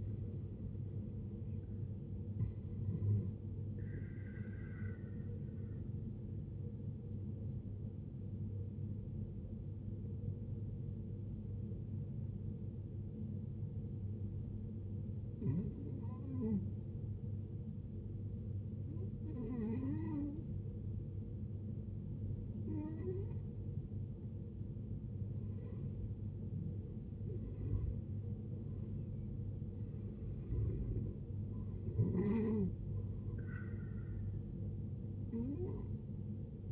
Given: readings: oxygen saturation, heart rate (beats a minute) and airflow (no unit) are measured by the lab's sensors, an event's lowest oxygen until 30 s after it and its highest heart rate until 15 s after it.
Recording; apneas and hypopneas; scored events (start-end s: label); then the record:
breathing in sleep by a smartphone at the bedside; 1
7.00-29.30 s: hypopnea (N1, oxygen 95% highest, then 86% lowest, heart rate 55 at the start, 75 highest)
30.00-36.72 s: new sleep stage, N2 (light sleep)
From the record:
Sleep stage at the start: N1 (lightest sleep); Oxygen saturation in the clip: 76 to 95%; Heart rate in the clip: 55 to 76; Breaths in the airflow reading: 7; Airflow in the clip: -11.8 to 12.3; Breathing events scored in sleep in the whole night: 389 in 6.3 hours asleep